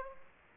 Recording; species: mosquito wingbeat signal from an infrared sensor; Aedes aegypti